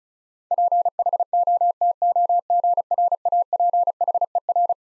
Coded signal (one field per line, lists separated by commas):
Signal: Morse code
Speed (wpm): 36 wpm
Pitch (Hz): 700 Hz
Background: none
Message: PHOTOGRAPHER